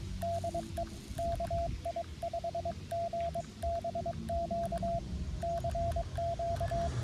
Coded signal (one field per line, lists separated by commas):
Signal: Morse code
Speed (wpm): 22 wpm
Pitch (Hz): 680 Hz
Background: none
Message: DE KI5GBQ CQ